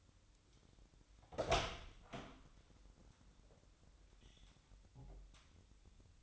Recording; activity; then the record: daily activity, microphone in the room; open door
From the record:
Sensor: 3